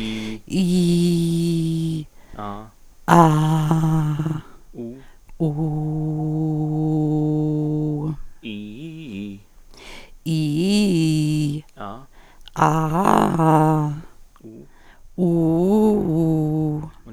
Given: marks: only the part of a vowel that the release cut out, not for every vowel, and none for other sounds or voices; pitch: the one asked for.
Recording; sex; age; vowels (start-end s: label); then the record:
sustained vowels; female; 70 to 79 years
0.68-1.89 s: vowel /i/, low pitch
3.74-4.31 s: vowel /a/, low pitch
5.69-7.88 s: vowel /u/, low pitch
10.35-11.50 s: vowel /i/, low-high-low pitch
15.30-16.68 s: vowel /u/, low-high-low pitch
From the record:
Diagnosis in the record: presbyphonia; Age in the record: 79 years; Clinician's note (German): Stimmlippenvarizen links